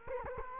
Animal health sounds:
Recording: mosquito wingbeat signal from an infrared sensor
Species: Culex quinquefasciatus

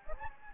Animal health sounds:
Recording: mosquito wingbeat signal from an infrared sensor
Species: Anopheles gambiae

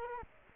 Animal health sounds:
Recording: mosquito wingbeat signal from an infrared sensor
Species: Culex quinquefasciatus

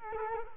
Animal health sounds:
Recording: mosquito wingbeat signal from an infrared sensor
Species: Culex quinquefasciatus

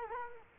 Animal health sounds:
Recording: mosquito wingbeat signal from an infrared sensor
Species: Culex quinquefasciatus

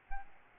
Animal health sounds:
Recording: mosquito wingbeat signal from an infrared sensor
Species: Aedes albopictus

